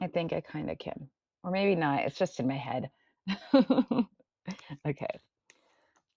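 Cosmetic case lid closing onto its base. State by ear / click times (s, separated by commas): seated / 5.5 s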